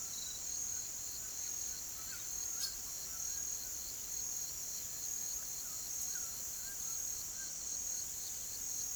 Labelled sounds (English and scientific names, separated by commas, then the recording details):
none
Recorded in pastures near Puerto Asís, Putumayo, Colombia, on 19 June 2025 at 18:00
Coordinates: 0.487, -76.322
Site H26